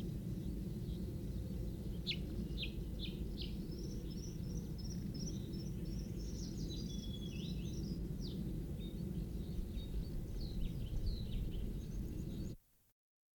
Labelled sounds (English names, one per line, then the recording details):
Bluethroat song
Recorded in the wild
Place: Kremmen, Mecklenburg-Vorpommern, DE
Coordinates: 52.769, 13.001
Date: 1971-05-04
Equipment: Nagra III BH, Sennheiser MD 21, parabola
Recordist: Schubert, Michael
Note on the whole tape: Gesang Blaukehlchen nach abgespieltem Gesang